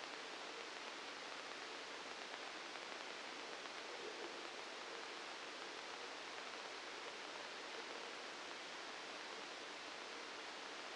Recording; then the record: brain microelectrode recording played as sound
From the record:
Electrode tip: outside the subthalamic nucleus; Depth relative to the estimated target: -4 mm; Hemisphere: left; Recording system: NeuroSet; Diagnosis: Parkinson's disease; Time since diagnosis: 9 years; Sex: male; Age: 56 years